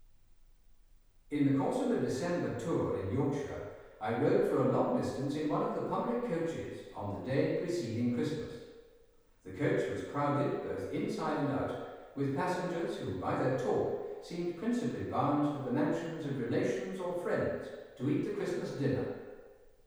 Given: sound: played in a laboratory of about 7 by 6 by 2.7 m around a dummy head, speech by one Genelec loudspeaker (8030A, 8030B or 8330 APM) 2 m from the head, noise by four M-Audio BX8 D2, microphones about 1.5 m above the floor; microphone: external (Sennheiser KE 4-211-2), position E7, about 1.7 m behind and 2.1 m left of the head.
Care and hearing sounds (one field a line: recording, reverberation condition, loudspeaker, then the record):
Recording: male speech in English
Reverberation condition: high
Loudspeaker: 120 degrees to the right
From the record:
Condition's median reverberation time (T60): about 1300 ms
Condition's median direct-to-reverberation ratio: about -4.0 dB